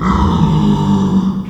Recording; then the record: squeal of a Yucatan mini pig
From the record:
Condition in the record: after surgery on the right vocal fold (resection and tissue-engineered implant); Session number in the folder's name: 16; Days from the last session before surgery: 183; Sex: female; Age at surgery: 19 weeks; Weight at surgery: 25 kg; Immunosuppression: prednisolone